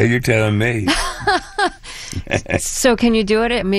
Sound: laughter